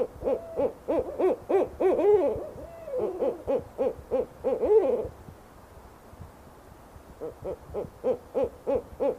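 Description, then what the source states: Barred Owl monkey-like calls: a rapid run of hooting notes with wavering, slurred yelps over five seconds, a short pause, then more evenly spaced hoots. Monkey-like call normally exchanged between a male and a female, like a love song together.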